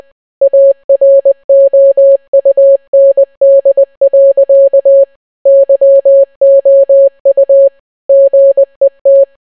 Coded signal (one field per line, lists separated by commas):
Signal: Morse code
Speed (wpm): 20 wpm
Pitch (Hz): 550 Hz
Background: none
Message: AROUND. YOU GET